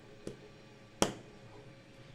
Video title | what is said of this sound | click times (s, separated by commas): Build and Chill Part 3 - LumiBrick Steampunk Train Station | Oh, nice satisfying click there. | 1.0 s